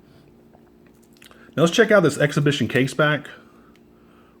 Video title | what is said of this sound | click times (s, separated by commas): Favorite! - Victorinox Swiss Army Maverick 100m Automatic Sapphire 241706 - 241705 Unbox & Review | and then you just put it back in you click it you'll hear it click and there you go | 1.2 s